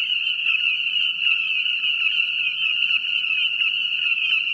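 Frog calling: a high, even trill without pause and a rapid stream of lower pulses beneath it.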